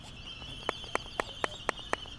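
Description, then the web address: Laysan albatross bill clapping, sharp dry clacks repeated about four times a second, over a steady high whine in the background. "wroblowe ptaki phoebastria immutabilis"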